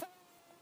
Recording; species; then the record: mosquito flight sound by mobile phone; Aedes sierrensis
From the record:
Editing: cut to the mosquito's sound